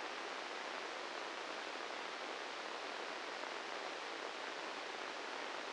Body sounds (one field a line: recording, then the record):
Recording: brain microelectrode recording played as sound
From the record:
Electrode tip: inside the subthalamic nucleus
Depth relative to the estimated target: -1 mm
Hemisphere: right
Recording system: NeuroSet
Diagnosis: Parkinson's disease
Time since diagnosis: 13 years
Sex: male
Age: 66 years